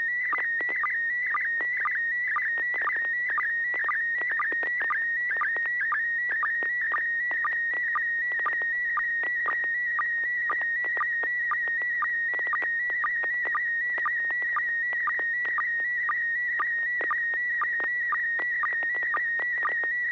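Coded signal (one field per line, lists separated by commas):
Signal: SSTV (slow-scan television)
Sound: warbling whistle-like tone with steady rhythmic short chirps, an image line scan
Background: low hum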